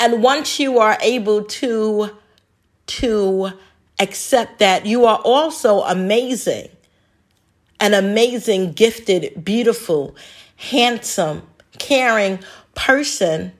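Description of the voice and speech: Adult woman speaking, with stuttering: repeated words ("to to", "amazing an amazing"), prolonged sounds and long pauses breaking up the phrases. The stutter began in childhood and persists into adulthood.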